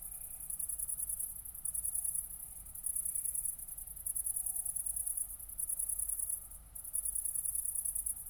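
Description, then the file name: Cricket trilling in quick high pulses, in bursts of one to two seconds with small breaks, over quiet low background noise. Crickets recorded at night at Nordring, Kirchmöser, Brandenburg, Germany, 4 August 2014, 00:53. "City Country Me Brandenburg Kirchmoeser Nordring Grillen 201408040053 OLBIN"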